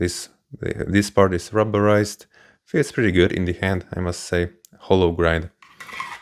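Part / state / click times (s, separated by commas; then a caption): fixed-blade knife into its sheath / not seated / none. Someone talks about a fixed-blade knife, possibly a Robust from Stalowa Wola, with a rubberized handle and a hollow grind, then pushes it into its sheath, making a single short bump at about 5.8 s. The knife does not click or lock into the sheath, so it could be lost.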